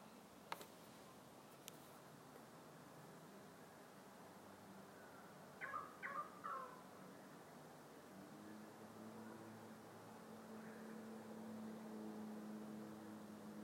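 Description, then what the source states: Currawong gives one quick run of three ringing notes midway; a couple of sharp clicks come early and a low engine-like hum builds toward the end. Currawongs (more than one) recorded among trees.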